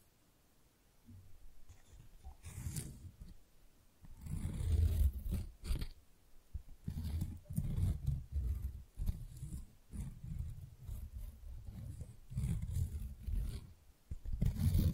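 Flowers are handled in uneven bursts of crinkly rustling and low, rough thumps, quiet at first and then busy and continuous after four seconds.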